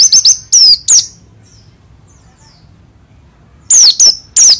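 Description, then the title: Oriental white-eye giving clipped, high descending whistles, a short cluster at the start and another near the end, with silence between. Oriental white-eye of the dakun type from East Java, forest-type bird, singing actively in a rolling song, a contest-champion candidate. "burung pleci dakun jatim ngalas ngerol gacor calon juara"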